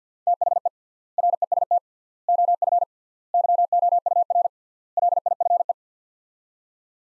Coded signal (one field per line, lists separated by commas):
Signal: Morse code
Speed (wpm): 50 wpm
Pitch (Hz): 700 Hz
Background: none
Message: THE REST OF YOUR LIFE